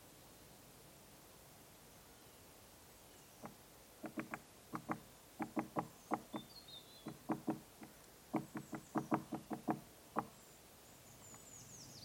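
A great spotted woodpecker knocks on a tree trunk in quick clustered bursts of sharp taps from about three seconds on, with faint birdsong above.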